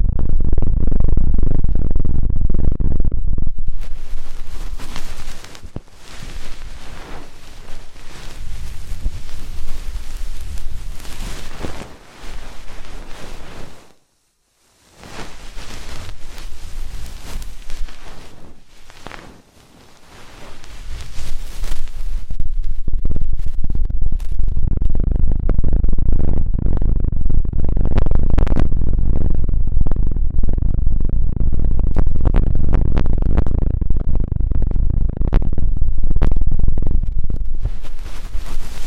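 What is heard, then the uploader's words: Deep ear cleaning sounds: muffled rumbling scraping and rustling with crackly clicks, a brief silence near fifteen seconds, then denser scratching. ASMR INTENSE Deep Ear Cleaning (No Talking).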